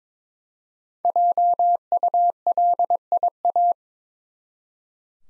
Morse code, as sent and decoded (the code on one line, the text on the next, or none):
.--- ..- .-.. .. .-
JULIA